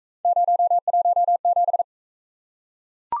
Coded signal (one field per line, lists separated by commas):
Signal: Morse code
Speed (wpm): 38 wpm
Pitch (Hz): 700 Hz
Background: none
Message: 017